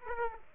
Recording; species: mosquito wingbeat signal from an infrared sensor; Aedes aegypti